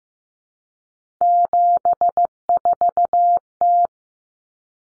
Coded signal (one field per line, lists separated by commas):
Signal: Morse code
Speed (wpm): 15 wpm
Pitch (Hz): 700 Hz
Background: none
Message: 74T